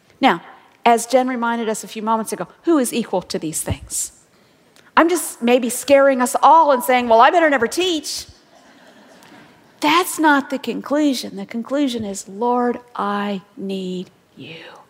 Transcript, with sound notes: Now as Jen reminded us a few moments ago, who is equal to these things? I'm just maybe scaring us all and saying, "Well, I better never teach." (laughter) That's not the conclusion. The conclusion is, "Lord, I need You."